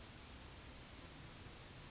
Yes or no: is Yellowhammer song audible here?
no